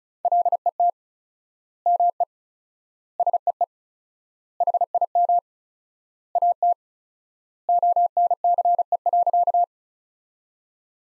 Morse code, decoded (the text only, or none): LET ME SEE HIM AT ONCE.